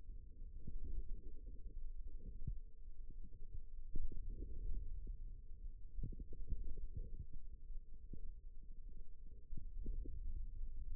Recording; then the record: forearm muscle sounds (acoustic myography)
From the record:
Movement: ulnar deviation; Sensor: system 2, bracelet of six BSWA MPA416 microphones around the upper forearm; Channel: 4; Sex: female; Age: 22 years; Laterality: right